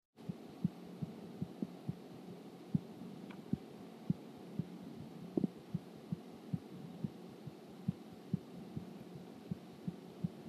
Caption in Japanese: 不整脈を録音。 分娩後に体が冷たく、全く食べないという診療依頼の牛がいた。乳熱なのだが、心音が著しく不整であった。 不整脈の牛にCa剤を投与するのはリスクが多少あるが。